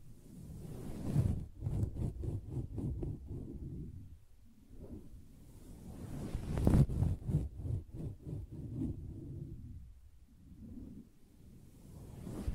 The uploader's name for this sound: Soft Fabric Surface Tapping & Scratching